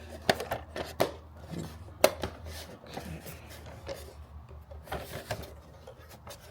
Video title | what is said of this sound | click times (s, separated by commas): How to Install Interior Lights in G Scale Train Cars | Okay, there we go. Make sure it's all snapped back into place. | 0.3 s, 1.0 s, 2.0 s